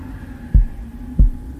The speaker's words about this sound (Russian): вслушиваясь в тишину, которую нарушали лишь слабые удары сердца